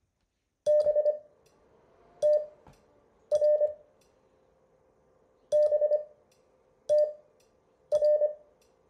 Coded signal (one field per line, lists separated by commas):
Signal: Morse code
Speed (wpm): 25 wpm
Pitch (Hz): 600 Hz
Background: none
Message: BTR BTR